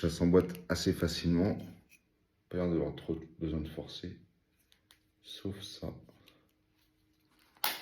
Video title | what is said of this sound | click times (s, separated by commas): ALTAYA OPTIMUS PRIME montage 23,24,25 et 26 | Ah voilà, clac. | 7.6 s